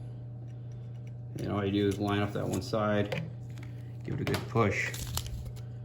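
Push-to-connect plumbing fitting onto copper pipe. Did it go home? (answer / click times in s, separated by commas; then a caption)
no / none. A SharkBite push-to-connect slip fitting is lined up on one side of a copper pipe while someone talks over a steady low hum, with brief handling taps near 5.2 seconds. The fitting is handled but not yet pushed home; nothing has seated or clicked yet.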